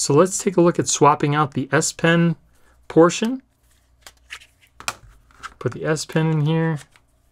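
Someone talks while an S Pen stylus is handled and pushed toward the holder on a phone case, with small handling ticks and taps between about 4.1 and 5.3 seconds. Nothing has seated or clicked yet.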